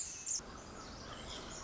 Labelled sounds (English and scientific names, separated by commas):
Pacific Wren (Troglodytes pacificus)